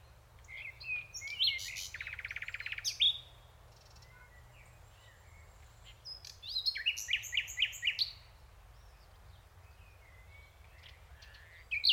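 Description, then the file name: Common nightingale singing separate phrases: scattered notes, a dry buzzy rattle, then a fast burst of clipped repeated notes, with long quiet pauses between. "Luscinia megarhynchos"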